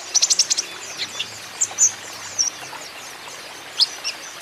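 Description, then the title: Van Hasselt's sunbird song: a quick burst of thin, very high chirps at the start, then scattered sharp single notes and brief slurred whistles with pauses between. Steadily singing bird, used as a lure and therapy song to prompt untrained birds to answer. "KOLIBRI NINJA KONIN IJOAN GACOR COCOK UNTUK PANCINGAN TERAPI KONIN BAHAN"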